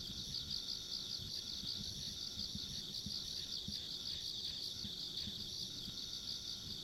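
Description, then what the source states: Insects chirping in a steady continuous chorus with rapid pulsed trilling, a fainter higher buzz above, and low rumbling background noise throughout. Ambient insect sounds recorded along a rural country road.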